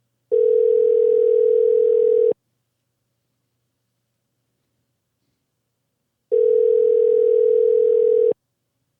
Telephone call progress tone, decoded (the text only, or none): ringback tone